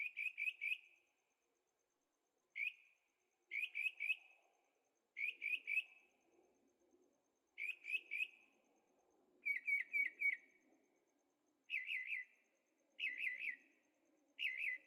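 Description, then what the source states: Bird song in many quick trilled phrases of bright, slurred notes, repeated every second or two, over a faint low rumble. Birds singing at night in Carefree, Arizona, with an occasional motorcycle heard in the distance; recorded in stereo on a Zoom H6.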